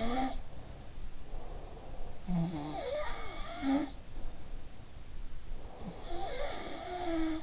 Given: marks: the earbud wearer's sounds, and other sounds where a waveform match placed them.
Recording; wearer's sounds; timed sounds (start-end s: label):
sounds in sleep by an in-ear microphone; breath
0.00-1.03 s: sound from someone else or the room
1.22-2.17 s: breath
2.18-4.59 s: sound from someone else or the room
5.70-7.43 s: sound from someone else or the room